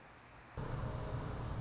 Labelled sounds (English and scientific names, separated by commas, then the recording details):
Anna's Hummingbird (Calypte anna)
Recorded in Sonoma County, California